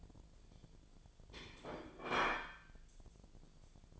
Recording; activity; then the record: daily activity, microphone in the room; place plate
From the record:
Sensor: 5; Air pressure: 1009.5 hPa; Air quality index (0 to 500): 168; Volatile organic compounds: 4 ppm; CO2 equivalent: 1633 ppm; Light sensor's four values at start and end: 96/256/104/110 and 97/257/104/110